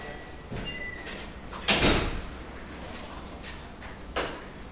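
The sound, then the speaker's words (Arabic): A door swings shut with a solid thud during a religious lecture, followed by a faint rattle and a softer knock a couple of seconds later, with no voices. “الإخوة اللي راحة جاية هذه يعني ما يتعبوناش بالله عليك اغلق الباب شيء اغلق الباب عشان الإخوة الفارقة أتعبونا من الذهاب والمجيء”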